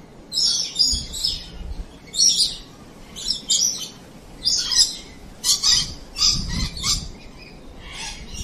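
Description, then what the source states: Bird sounding harsh, chattering calls in short repeated bursts over constant low background rumble. Recorded in Arizona.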